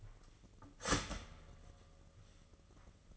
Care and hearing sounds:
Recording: daily activity, microphone in the room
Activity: start toaster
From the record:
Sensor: 4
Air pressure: 996.0 hPa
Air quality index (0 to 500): 67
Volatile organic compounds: 2 ppm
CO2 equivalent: 1225 ppm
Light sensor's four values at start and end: 14/34/13/14 and 14/34/13/14

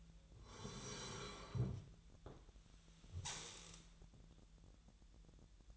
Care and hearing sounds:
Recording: daily activity, microphone in the room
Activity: sit down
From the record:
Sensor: 3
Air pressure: 1001.5 hPa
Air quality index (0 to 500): 247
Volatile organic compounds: 141 ppm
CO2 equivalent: 3982 ppm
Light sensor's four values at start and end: 13/29/12/12 and 12/28/12/12

